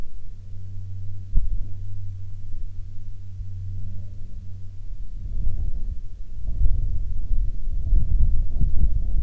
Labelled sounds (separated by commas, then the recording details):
wind, aircraft
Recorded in the Prudhoe Bay oil fields, Alaska, on 12 June 2019 at 16:56
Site 11